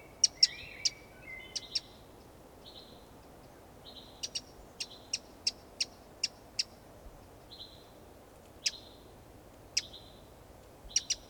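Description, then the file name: Eurasian wren calling with a run of dry, hard ticks, spaced irregularly, after some soft warbled notes at the start. "Troglodytes troglodytes"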